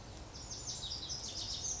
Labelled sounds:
Lazuli Bunting (Passerina amoena)
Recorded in Sonoma County, California

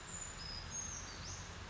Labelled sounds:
Brown Creeper (Certhia americana)
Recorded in Sonoma County, California

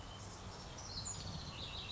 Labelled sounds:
House Wren (Troglodytes aedon)
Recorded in Sonoma County, California

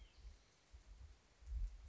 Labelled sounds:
White-breasted Nuthatch (Sitta carolinensis)
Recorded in Sonoma County, California

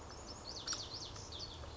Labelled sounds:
Lazuli Bunting (Passerina amoena)
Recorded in Sonoma County, California

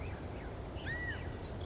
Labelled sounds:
California Quail (Callipepla californica)
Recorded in Sonoma County, California

